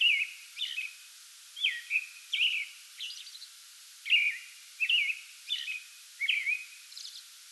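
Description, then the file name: American robin song: melodious whistled phrases, some rising then falling, given in clusters with short gaps. Pre-dawn song bout recorded 8 May 2022. "2022-05-08 American Robin pre-dawn song bout"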